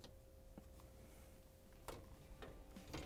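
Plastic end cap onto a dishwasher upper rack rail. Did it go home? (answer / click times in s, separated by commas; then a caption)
no / none. A plastic end cap is being fitted onto the other side of the upper dishrack rail of a Maytag dishwasher during a WPW10254909 upper dishrack wheel assembly replacement (fits Whirlpool/KitchenAid). Light handling taps and ticks are heard at about 0.0, 0.6, 1.9 and 2.4 s over a steady low hum. Nothing has seated or clicked into place yet.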